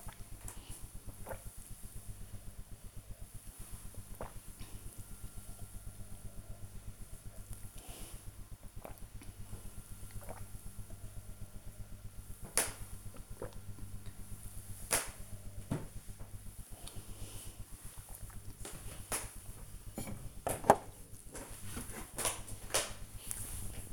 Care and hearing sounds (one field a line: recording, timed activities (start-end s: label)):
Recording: household activities, microphone on the right wrist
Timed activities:
0.00-18.09 s: drinking